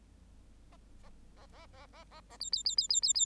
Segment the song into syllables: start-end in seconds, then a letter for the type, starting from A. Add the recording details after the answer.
0.72-0.76 A, 1.03-1.09 A, 1.36-1.46 A, 1.52-1.66 A, 1.73-1.86 A, 1.93-2.04 A, 2.11-2.21 A, 2.30-2.37 A, 2.40-2.50 B, 2.52-2.63 B, 2.65-2.75 B, 2.77-2.88 B, 2.89-3.00 B, 3.02-3.13 B, 3.14-3.25 B. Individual Bird8